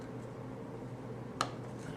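A trigger-housing component is pressed into a polymer Glock Gen 3 pistol frame during reassembly. Against a low, steady background, a single sharp click rings out at 1.4 s as the housing seats into place. Someone talks.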